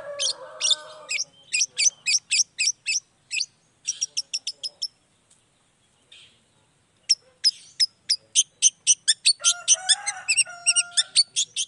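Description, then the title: Long-tailed shrike delivering rapid runs of harsh chattering notes with a short gap, mixed with clear lower whistled tones at the start and end. Morning recording of a long-tailed shrike singing 'toet toet' variations, played to provoke other shrikes into responding. "Cendet Gacor Dor Di Kala Pagi Toet Toet Variasi Suara"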